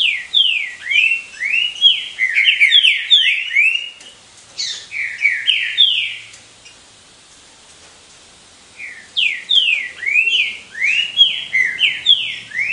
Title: Canto De Trinca Ferro. TRINCA FERROS COMPETINDO